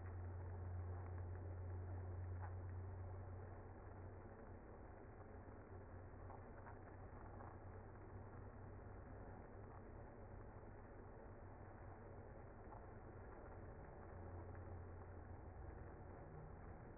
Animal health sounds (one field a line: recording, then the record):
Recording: honeybee colony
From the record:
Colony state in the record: active